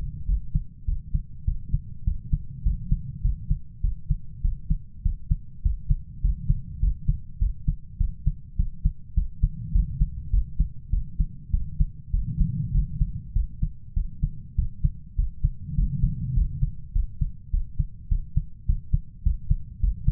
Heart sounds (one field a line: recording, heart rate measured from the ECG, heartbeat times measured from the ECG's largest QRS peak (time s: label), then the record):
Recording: heart sounds by stethoscope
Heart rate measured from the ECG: 101 bpm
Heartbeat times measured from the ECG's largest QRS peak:
0.29 s: heartbeat
0.88 s: heartbeat
1.47 s: heartbeat
2.07 s: heartbeat
2.66 s: heartbeat
3.24 s: heartbeat
3.84 s: heartbeat
4.44 s: heartbeat
5.05 s: heartbeat
5.65 s: heartbeat
6.24 s: heartbeat
6.83 s: heartbeat
7.41 s: heartbeat
8.00 s: heartbeat
8.59 s: heartbeat
9.17 s: heartbeat
9.75 s: heartbeat
10.33 s: heartbeat
10.93 s: heartbeat
11.53 s: heartbeat
12.14 s: heartbeat
12.74 s: heartbeat
13.36 s: heartbeat
13.96 s: heartbeat
14.58 s: heartbeat
15.18 s: heartbeat
15.78 s: heartbeat
16.37 s: heartbeat
16.95 s: heartbeat
17.53 s: heartbeat
18.11 s: heartbeat
18.68 s: heartbeat
19.25 s: heartbeat
19.83 s: heartbeat
From the record:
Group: healthy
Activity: cold pressor test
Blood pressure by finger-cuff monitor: 163/92 mmHg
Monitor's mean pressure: 110 mmHg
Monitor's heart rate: 102 bpm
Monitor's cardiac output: 7.9 L/min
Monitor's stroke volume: 78 mL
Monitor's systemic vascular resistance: 1030 dyn s/cm5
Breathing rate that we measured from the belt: 18 breaths a minute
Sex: male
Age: 21 years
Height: 175 cm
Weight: 72.6 kg